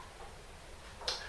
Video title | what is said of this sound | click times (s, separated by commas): Master Longworth Chuck Type 2 & Solid Ring Setup Fast | So just as with the other ones, they snap right in, turn it over, | 1.1 s